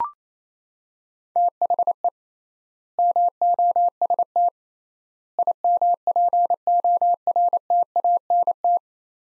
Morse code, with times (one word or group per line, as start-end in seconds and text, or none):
1.4-2.1 THE
3.0-4.5 MOST
5.4-8.8 IMPORTANT